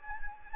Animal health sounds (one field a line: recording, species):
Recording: mosquito wingbeat signal from an infrared sensor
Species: Anopheles gambiae